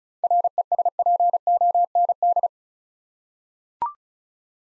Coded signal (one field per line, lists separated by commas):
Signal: Morse code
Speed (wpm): 36 wpm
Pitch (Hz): 700 Hz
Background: none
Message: RESPOND